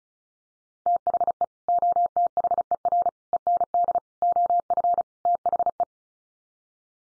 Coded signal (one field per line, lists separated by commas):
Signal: Morse code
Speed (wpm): 34 wpm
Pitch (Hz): 700 Hz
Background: none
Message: THE OTHER END OF THE